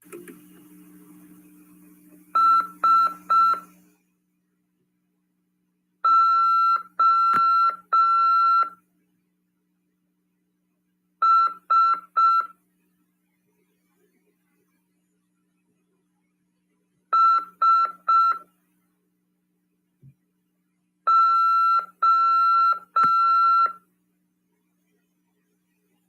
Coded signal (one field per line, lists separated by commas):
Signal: Morse code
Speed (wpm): 5 wpm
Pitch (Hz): 1340 Hz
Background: none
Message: SOS SO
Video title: RADIOAMADOR 1ªEd. 16/1/2023 "AULA 5 CW, LEGIS e C.RODADA" FM 146.410 Mhz. PY2EXU PAULO SP/SP CRASP.